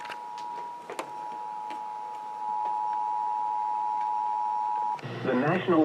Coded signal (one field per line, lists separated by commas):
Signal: Emergency Alert System (SAME) tones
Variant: 853 and 960 Hz attention tone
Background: speech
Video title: July 2017 EAS Compilation